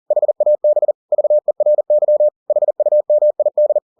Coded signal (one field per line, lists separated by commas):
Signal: Morse code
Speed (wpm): 40 wpm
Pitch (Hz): 600 Hz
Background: none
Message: HAB VERY HUMID